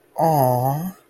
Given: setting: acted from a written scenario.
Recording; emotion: vocal sound without words; sympathy